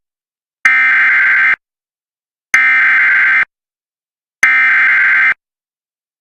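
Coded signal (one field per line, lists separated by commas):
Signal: Emergency Alert System (SAME) tones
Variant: header bursts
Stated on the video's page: Real US EAS alerts recorded during the year: required weekly tests, special marine warnings and flash flood warnings from various regions and broadcasters.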